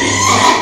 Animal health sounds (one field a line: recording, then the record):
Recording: squeal of a Yucatan mini pig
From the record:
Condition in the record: before surgery on the right vocal fold (resection and tissue-engineered implant)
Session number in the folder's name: 2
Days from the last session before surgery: 0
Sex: male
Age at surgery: 12 weeks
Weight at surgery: 13 kg